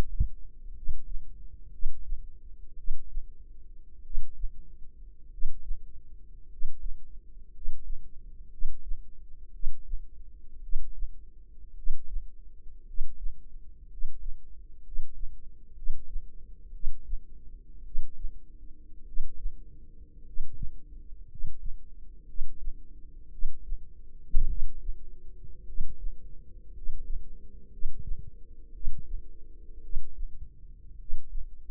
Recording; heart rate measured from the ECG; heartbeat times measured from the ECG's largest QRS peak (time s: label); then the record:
heart sounds by microphone in the left ear; 56 bpm
0.72 s: heartbeat
1.69 s: heartbeat
2.74 s: heartbeat
4.01 s: heartbeat
5.28 s: heartbeat
6.46 s: heartbeat
7.49 s: heartbeat
8.48 s: heartbeat
9.50 s: heartbeat
10.59 s: heartbeat
11.73 s: heartbeat
12.83 s: heartbeat
13.86 s: heartbeat
14.80 s: heartbeat
15.73 s: heartbeat
16.70 s: heartbeat
17.82 s: heartbeat
19.03 s: heartbeat
20.21 s: heartbeat
21.25 s: heartbeat
22.24 s: heartbeat
23.28 s: heartbeat
24.45 s: heartbeat
25.63 s: heartbeat
26.70 s: heartbeat
27.68 s: heartbeat
28.70 s: heartbeat
29.80 s: heartbeat
30.95 s: heartbeat
From the record:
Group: healthy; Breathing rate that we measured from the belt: 9 breaths a minute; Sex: male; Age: 25 years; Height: 170 cm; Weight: 70.4 kg